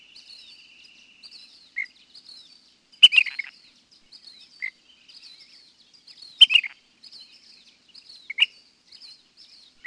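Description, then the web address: Ash-throated Flycatcher: sharp, rough clipped calls at irregular intervals, three loud bursts among softer single chips, with faint high twittering birds behind. "Peterson North American Birds"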